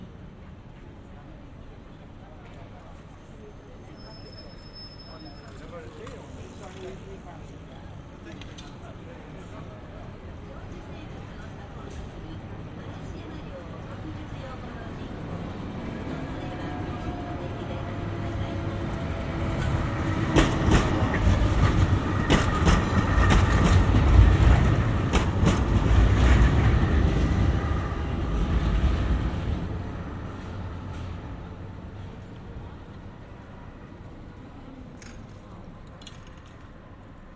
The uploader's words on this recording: Binaural production. Generative soundscape based on a two-dimensional random walk between four binaural soundscapes recorded at different tram stations or tram rides in cities around the world.